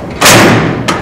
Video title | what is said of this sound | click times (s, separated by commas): 28Z PROFlexx Chair Cot Training Video - FERNO | Lock into place. | 0.9 s